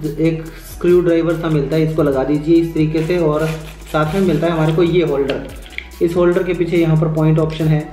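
A plastic phone holder cradle is being handled next to the mounting point of a car AC vent clip base while someone talks over background music. Nothing has seated or clicked yet; the holder has not been pressed home onto the vent mount.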